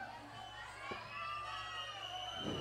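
A crowd of young people at a festival in La Tigra shouts and cheers steadily over a low, constant hum, with overlapping high-pitched voices forming a dense wash of festival noise.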